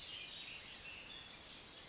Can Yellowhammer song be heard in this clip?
no